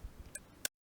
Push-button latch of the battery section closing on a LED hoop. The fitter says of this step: vérifier que c'est bien fermé vérifiez que le bouton poussoir ressort ça doit faire un petit clic quand tu fermes